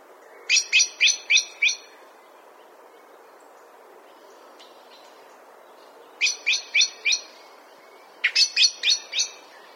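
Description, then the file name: Common blackbird calling in three bursts of several hard, metallic chink notes, separated by pauses of quiet background hiss. "Turdus merula"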